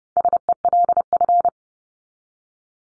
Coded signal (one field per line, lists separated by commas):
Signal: Morse code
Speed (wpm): 32 wpm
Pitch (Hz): 700 Hz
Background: none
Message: SELF